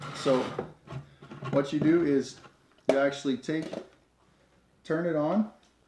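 A spray attachment, the main sprayer head, is handled onto the body of a Wagner Flexio 590 paint sprayer so it can be twisted on until it locks into place, while someone talks. Nothing has seated or clicked yet.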